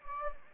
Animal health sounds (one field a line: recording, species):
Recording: mosquito wingbeat signal from an infrared sensor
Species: Anopheles gambiae